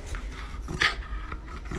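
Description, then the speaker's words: Jack Russell terrier growling in rough, uneven bursts, with one louder peak near the middle. Growls captured while people played with the dog; later used for a film dinosaur's head-shaking sound. "so they recorded themselves playing with a Jack Russell, capturing its growls a little like this."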